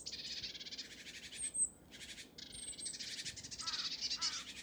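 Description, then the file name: Great tit churring calls: rapid buzzy chattering bursts interrupted twice by thin, high, descending whistles, with rough rattling resuming between and after them. "Parus major"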